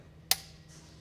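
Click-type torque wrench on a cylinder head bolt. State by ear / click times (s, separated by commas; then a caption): torque reached / 0.3 s. A click-type torque wrench on a socket is pulled smoothly by a hand at the centre of its grip to tension an engine cylinder head bolt. A single sharp click sounds at 0.3 s over a quiet background, then fades quickly. The click shows the wrench has reached its preset torque and the head bolt is tensioned.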